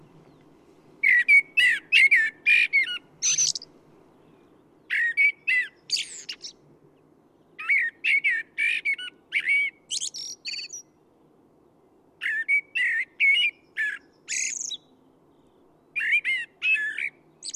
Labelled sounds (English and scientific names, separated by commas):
Common Blackbird (Turdus merula) song